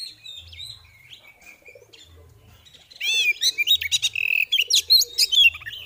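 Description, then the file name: Oriental magpie-robin: faint birdsong and a low hum for three seconds, then a burst of loud, rapid, rasping chatter with sharp squeaky notes. Female bird; 'ngeriwik' and 'ngeplong' call styles; recording used as bird therapy audio. "Terapi Suara Burung Kacer Betina Ngeriwik Ngeplong"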